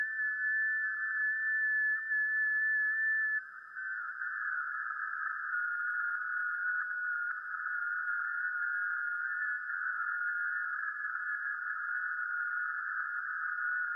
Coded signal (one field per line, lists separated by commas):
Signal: FT8